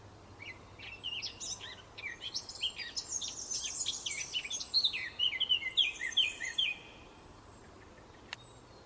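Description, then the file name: Eurasian blackcap song, a rapid jumble of high chirps and whistles building to clear fluting notes, lasting about six seconds over quiet background hiss. "Sylvia atricapilla"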